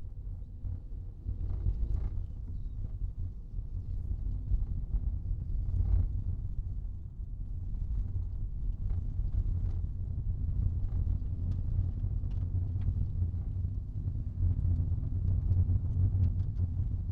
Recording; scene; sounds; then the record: everyday scene through a hearing-aid microphone; in a vehicle; engine, rumble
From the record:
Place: Skoda Fabia, gasoline engine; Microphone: in the ear canal, right